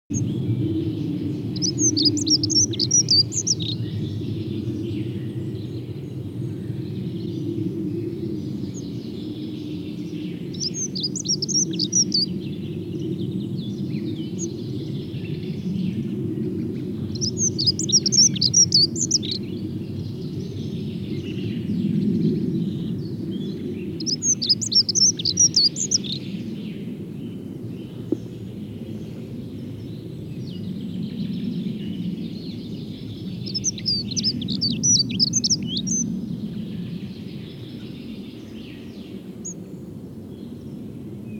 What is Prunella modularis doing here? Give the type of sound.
song